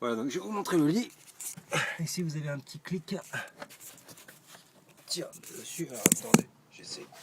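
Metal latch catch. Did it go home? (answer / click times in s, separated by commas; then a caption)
released / 6.1 s, 6.3 s. In a 1979 camper van, a small release catch on the bench seat is worked to unjam the fold-out bed while someone talks. Sharp metallic clicks are heard at 6.1, 6.1 and 6.3 seconds as the bed latch releases.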